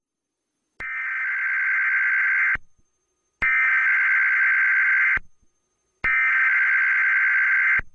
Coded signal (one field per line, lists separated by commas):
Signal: Emergency Alert System (SAME) tones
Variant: header bursts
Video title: California 2011 EAS Tsunami Warning (RECREATION)